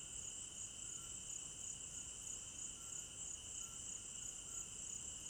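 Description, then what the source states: Cricket chorus of dense, high shrill trills running without pause, layered with a fainter lower trilling band. Night crickets in an African village garden, recorded in binaural stereo.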